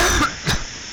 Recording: coughing mixed with background sound